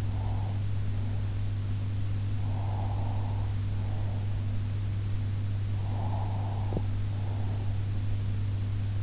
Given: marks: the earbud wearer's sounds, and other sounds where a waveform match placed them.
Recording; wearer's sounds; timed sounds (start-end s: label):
sounds in sleep by an in-ear microphone; breath
0.00-1.52 s: breath
2.36-4.48 s: breath
5.73-7.82 s: breath